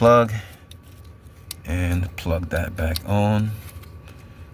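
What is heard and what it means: During a passenger-side front CV axle replacement on a 2017 Ford Escape 1.5L, a wiring connector, likely the ABS wheel speed sensor plug, is handled for plugging back into its mating plug at the front wheel while someone talks. A few brief faint ticks occur around 0.7 s and 1.5 s, but the connector has not seated or clicked in yet when the clip ends.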